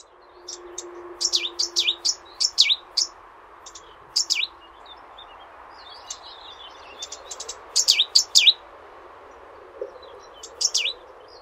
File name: cettiswarbler